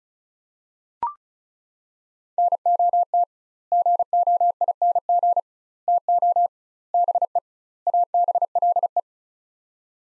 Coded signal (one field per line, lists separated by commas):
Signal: Morse code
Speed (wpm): 36 wpm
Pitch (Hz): 700 Hz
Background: none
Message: NOT GOING TO BE ABLE